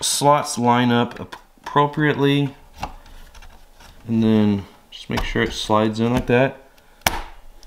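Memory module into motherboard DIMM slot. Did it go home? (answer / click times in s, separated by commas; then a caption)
yes / 7.1 s. A DDR memory module is pressed down into a motherboard DIMM slot while someone talks. A sharp click at 7.1 seconds marks the retention tab snapping shut as the RAM seats in place.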